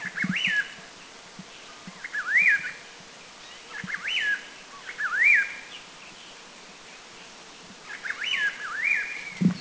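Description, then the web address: Chestnut-crowned laughingthrush giving clear whistled phrases that dip and then rise, repeated at irregular intervals, over a steady background hiss. Recorded in Thailand. "Thailand. Chestnut-crowned LTDAK"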